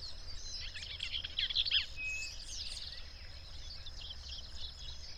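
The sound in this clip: Bird: dense chorus of high chirping birds with a faint flat whistle, over a steady background hiss and low rumble.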